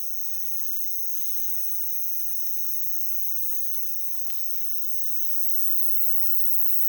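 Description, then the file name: Insects keep up a dense high trill, constant in pitch, while faint clicks and soft thuds sound now and then underneath. At night in Kashiwa town, Japan; MS stereo recording. "Japan Kashiwa Town Night Bug MS"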